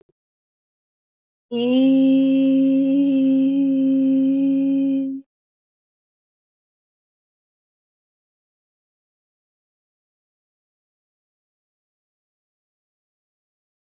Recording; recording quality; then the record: sustained vowel as in made; excellent, no background noise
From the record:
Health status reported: healthy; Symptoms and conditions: none ticked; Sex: female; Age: 21 years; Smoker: not ticked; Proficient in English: yes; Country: India